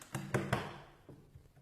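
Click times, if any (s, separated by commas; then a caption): 0.3 s, 0.5 s. A second RAM stick is pushed into a motherboard DIMM memory slot, with a soft tap at 0.15 s followed by two sharp plastic clicks at 0.3 s and 0.5 s as the retention latches lock. The clicks fade into quiet with a few faint taps afterward, and the module is seated.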